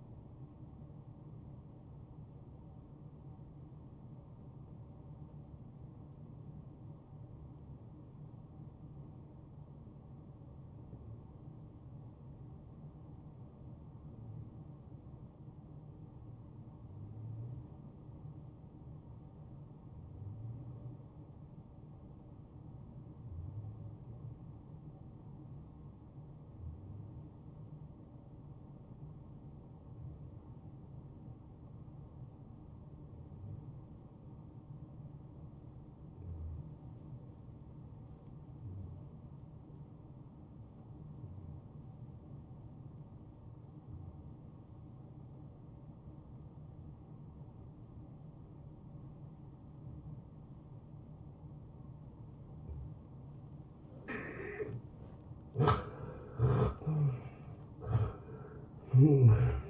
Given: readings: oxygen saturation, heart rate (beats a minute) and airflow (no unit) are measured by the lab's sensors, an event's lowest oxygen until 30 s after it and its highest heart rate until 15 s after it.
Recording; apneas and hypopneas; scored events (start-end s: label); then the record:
breathing in sleep by a smartphone at the bedside; 1
3.00-54.30 s: obstructive apnea (N1, oxygen 96% highest, then 86% lowest, heart rate 71 at the start, 83 highest)
26.00-56.00 s: new sleep stage, N2 (light sleep)
56.00-59.70 s: new sleep stage, N1 (lightest sleep)
From the record:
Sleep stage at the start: N1 (lightest sleep); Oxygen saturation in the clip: 81 to 96%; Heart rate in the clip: 57 to 74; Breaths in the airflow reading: 3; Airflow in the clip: -12.7 to 8.1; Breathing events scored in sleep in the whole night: 263 in 5.5 hours asleep